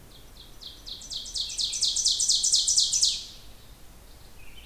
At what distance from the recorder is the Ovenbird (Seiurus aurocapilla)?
about 15 m